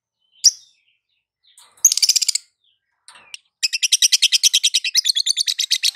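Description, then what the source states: Lovebird song: a lone sharp chirp, a short burst of rapid trilling, then a longer fast chattering trill running to the end. Lovebird singing in the 'konslet' song style; used as a masteran (training) recording.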